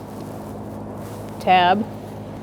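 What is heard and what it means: The white plastic locking tab on a fuel pump connector is handled while replacing the fuel pump and strainer set on a 2000-2007 Ford Taurus 3.0L V6. A steady low hum runs throughout, and someone talks briefly around 1.5 to 1.8 seconds. Nothing has seated or clicked yet.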